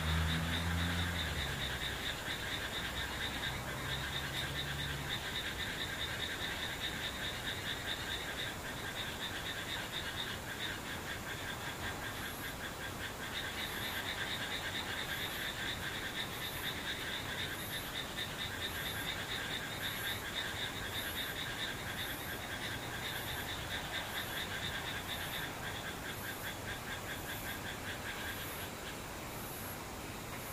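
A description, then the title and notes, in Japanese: Distant insects trill steadily in a quiet scene, a dense, fast pulsing buzz that holds for the whole half minute. From about twelve seconds a thin, very high chirp repeats at a regular pace above it. A low hum sounds briefly in the first few seconds. 無音 遠くにムシ。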